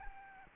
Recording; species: mosquito wingbeat signal from an infrared sensor; Aedes albopictus